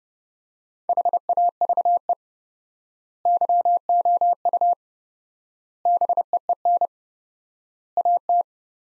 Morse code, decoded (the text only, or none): HAVE YOU BEEN AT